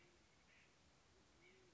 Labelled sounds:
Band-tailed Pigeon
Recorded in Sonoma County, California

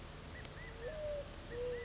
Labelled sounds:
California Quail
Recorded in Sonoma County, California

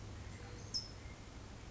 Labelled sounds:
California Towhee
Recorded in Sonoma County, California

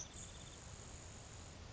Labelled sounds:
Grasshopper Sparrow
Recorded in Sonoma County, California

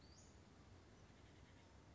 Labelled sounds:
Western Flycatcher
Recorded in Sonoma County, California

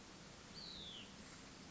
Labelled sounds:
Hutton's Vireo
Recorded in Sonoma County, California

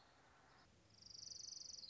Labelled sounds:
Orange-crowned Warbler
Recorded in Sonoma County, California

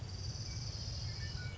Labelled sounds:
Orange-crowned Warbler
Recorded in Sonoma County, California

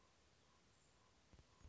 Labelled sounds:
Common Raven
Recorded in Sonoma County, California

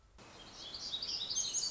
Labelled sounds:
Black-throated Gray Warbler
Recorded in Sonoma County, California

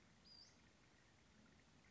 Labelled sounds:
Western Flycatcher
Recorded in Sonoma County, California

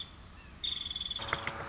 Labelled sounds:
Nuttall's Woodpecker
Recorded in Sonoma County, California

